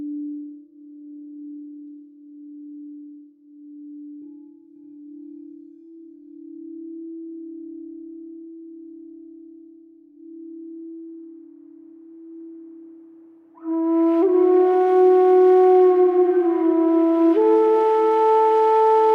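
A sound bath opens on a single low, pure tone that swells and fades gently, then around fourteen seconds fuller, ringing bowl-like overtones join, louder.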